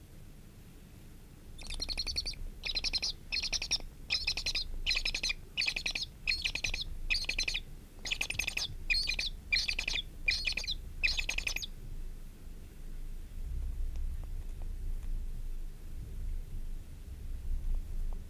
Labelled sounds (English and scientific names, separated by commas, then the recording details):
Tawny Owl (Strix aluco) call
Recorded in the wild
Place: Blumenholz, Mecklenburg-Vorpommern, DE
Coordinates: 53.453, 13.186
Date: 1980-05-06
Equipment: Nagra III BH, Sennheiser MD 21
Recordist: Schubert, Michael
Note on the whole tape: Ca. 20-tägiger, handaufgezogener Waldkauz diverse Rufe